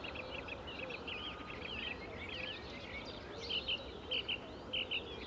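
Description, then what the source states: Birds in a chorus of mingled chirps and trills, then a loud, crisp double note repeated three times toward the end. Morning countryside ambience with many birds at Saint-Nom-la-Bretèche, France; MS stereo recording with Schoeps CMC6-MK41/CCM8 microphones on a Sound Devices 633 recorder.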